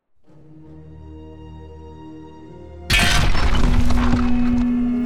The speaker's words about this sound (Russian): От страшного грохота, раздавшегося из-за ближайшей металлической двери, Амелия выронила зеркало